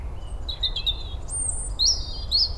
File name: Erithacus rubecula